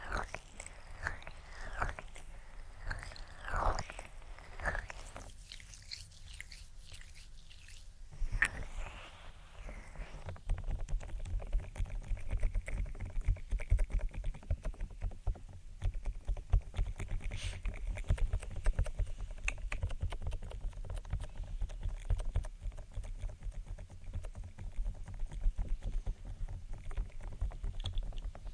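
Ear triggers, starting with a handful of separate soft taps and brushing sounds over the first eight seconds, with a quiet pause between them. From about ten seconds on it turns into a steady, dense, muffled rubbing with a low rumble and constant fine crackles.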